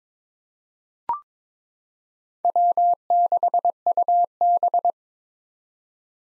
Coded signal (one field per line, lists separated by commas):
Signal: Morse code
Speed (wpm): 22 wpm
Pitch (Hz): 700 Hz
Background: none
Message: W6UB